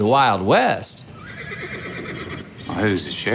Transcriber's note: soundbite of horse whinnying